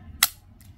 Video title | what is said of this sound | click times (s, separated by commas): How to Disassemble and upgrade memory ram, SSD, drive laptop easy HPx360 convertible laptop | हमारा lock हो गया है। | 0.2 s